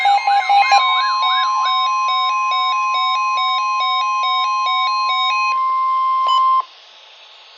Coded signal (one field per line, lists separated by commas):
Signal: Emergency Alert System (SAME) tones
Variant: 1050 Hz attention tone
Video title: Real EAS #579 - Flood Warning